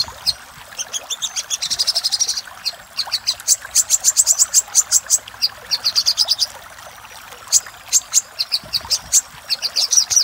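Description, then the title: Little spiderhunter song with bursts of rapid, high, chattering notes, a brief trill near the start and scattered sharp chips through the rest. Song used for training caged birds; the song variant is called Labaik. "Masteran Burung Sogok Ontong Labaik"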